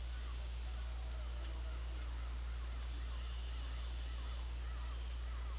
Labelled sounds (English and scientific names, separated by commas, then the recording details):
none
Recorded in dense forest near Puerto Asís, Putumayo, Colombia, on 13 March 2025 at 18:00
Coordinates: 0.503, -76.323
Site GP09